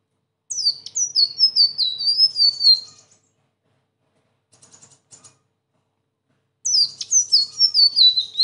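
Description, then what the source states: Sunbird song: a quick cascade of high, slurred chirps, a gap with a few faint notes, then another rapid twittering phrase at the end. Singing persistently (gacor) in a continuous rolling style (ngeroll) with fill-in phrases (isian); presented as a tutoring recording (masteran).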